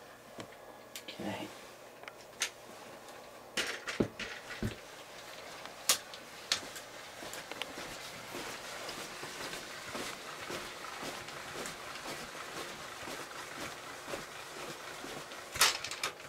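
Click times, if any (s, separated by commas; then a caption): none. A TenPoint RS470 crossbow's bowstring is drawn back with its ACUslide crank cocking system toward the trigger latch and automatic safety, while a jamming problem is being fixed. Someone talks briefly, and scattered sharp clicks and knocks from the handling stand out, loudest around 2.4, 5.9 and 6.5 seconds, with another near 15.6 seconds. Nothing has latched or clicked home yet.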